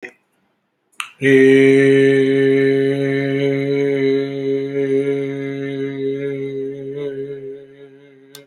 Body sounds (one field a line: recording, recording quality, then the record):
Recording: sustained vowel as in made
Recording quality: excellent, no background noise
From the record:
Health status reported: exposed to COVID-19, no respiratory illness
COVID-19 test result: negative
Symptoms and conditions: diabetes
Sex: male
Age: 50 years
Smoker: not ticked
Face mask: worn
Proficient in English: yes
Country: India